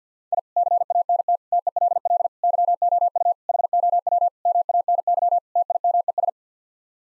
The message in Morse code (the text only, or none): I CANT TELL YOU HOW MANY TIMES